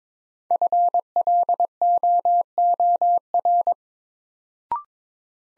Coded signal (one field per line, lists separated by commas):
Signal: Morse code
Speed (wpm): 22 wpm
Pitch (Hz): 700 Hz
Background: none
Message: FLOOR